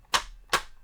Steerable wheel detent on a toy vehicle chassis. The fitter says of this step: They kind of snap into place if you can